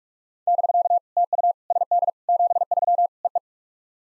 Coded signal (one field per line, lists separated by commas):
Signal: Morse code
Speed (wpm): 43 wpm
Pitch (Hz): 700 Hz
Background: none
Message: <BK> TU SD 73 EE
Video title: POTA QSO Practice - 45wpm